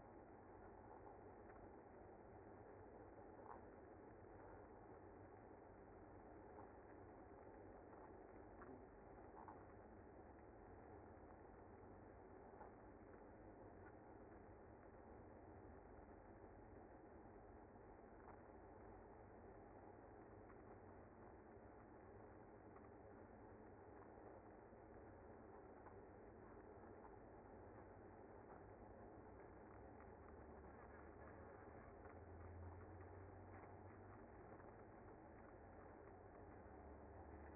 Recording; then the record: honeybee colony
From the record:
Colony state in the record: active